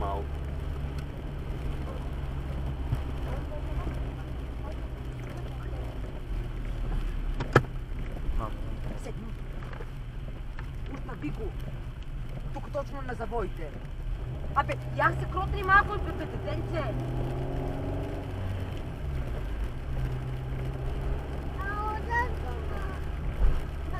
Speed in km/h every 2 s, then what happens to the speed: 42, 41, 39, 33, 31, 27, 25, 27, 35, 39, 41, 43.
0-13 slows to 25. 13-24 speeds up to 43.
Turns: 6-20.